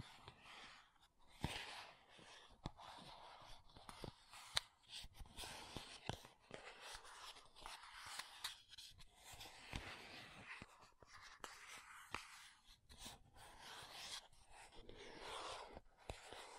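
Makeup being tapped and scratched, with sharp clicks scattered throughout, roughly every second or so, among softer rustling and scraping that swells and fades. A bright, hissy scratching texture runs through most of it, with brief quiet gaps between bursts.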